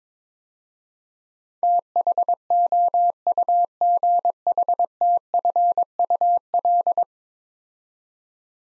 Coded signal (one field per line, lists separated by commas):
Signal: Morse code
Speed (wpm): 22 wpm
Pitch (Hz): 700 Hz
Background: none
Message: THOUGHTFUL